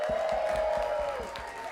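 An audience at the No Structure Cabaret applauds the light technician, with steady dense clapping and a sustained whistle-like tone or cheer running through it, fairly loud and continuous for under two seconds.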